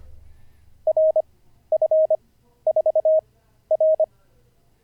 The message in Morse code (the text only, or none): RF4R